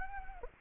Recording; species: mosquito wingbeat signal from an infrared sensor; Anopheles gambiae